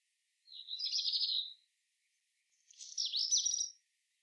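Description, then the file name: Eurasian blue tit making two harsh, buzzy churring notes just over a second long each, spaced roughly a second apart, with no other sounds. "Cyanistes caeruleus"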